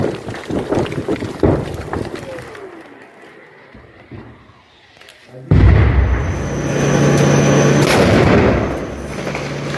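Mortar fire: a few sharp blasts at the start, a quieter lull, then a heavy boom about halfway through that gives way to a loud, sustained rumbling roar.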